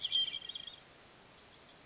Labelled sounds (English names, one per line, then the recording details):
Hermit Thrush
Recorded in Sonoma County, California